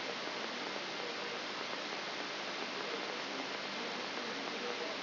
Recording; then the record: brain microelectrode recording played as sound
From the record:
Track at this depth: outside the subthalamic nucleus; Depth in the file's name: 6.501 mm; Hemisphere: left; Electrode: 3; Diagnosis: Parkinson's disease